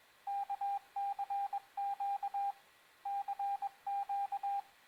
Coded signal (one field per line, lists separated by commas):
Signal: Morse code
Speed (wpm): 21 wpm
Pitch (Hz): 800 Hz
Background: radio noise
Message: K CQ CQ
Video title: Morse code by UR5GAW. Вивчення коду Морзе ефірним методом від UR5GAW. Урок 2